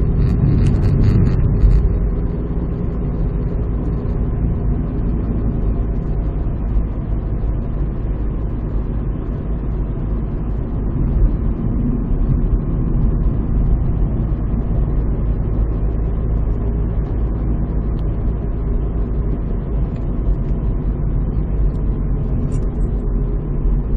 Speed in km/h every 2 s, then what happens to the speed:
61, 59, 58, 57, 57, 57, 58, 58, 59, 57, 53, 49.
0-17 steady at about 58. 17-24 slows to 49.